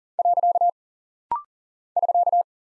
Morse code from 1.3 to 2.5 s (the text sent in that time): <SK>